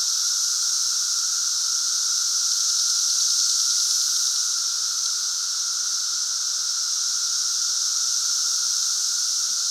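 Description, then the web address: Periodical cicadas in chorus, a continuous shrill hissing drone with a thin lower tone beneath, nearly even in level throughout. Cicada emergence, 2024; a 220-year cicada bloom. "The Psychologically Ultimate 220 Year Cicada Bloom. Future Site of Pana Steakhouse Cicadas"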